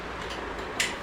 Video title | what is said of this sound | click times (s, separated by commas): 8th Month Pregnancy Begins - Baby Shopping Started! - First Purchase Revealed 💜 #pregnancy #journey | अभी lock हो गया तो ये मूव नहीं हो रहा है। | 0.8 s